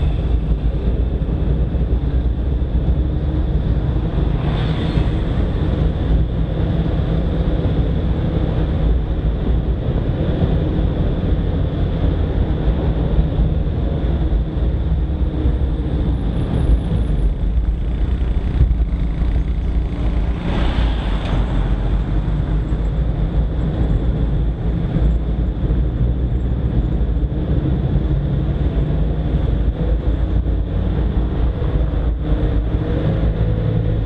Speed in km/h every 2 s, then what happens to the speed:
21, 24, 27, 28, 28, 29, 28, 23, 19, 13, 11, 12, 13, 15, 18, 20, 20.
0-5 speeds up to 28. 5-11 steady at about 28. 11-19 slows to 11. 19-34 steady at about 15.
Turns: none.